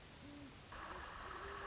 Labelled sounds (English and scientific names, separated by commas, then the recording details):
Great Horned Owl (Bubo virginianus)
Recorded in Sonoma County, California